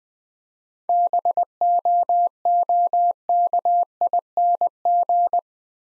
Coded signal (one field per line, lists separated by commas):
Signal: Morse code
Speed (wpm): 20 wpm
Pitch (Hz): 700 Hz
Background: none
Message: BOOKING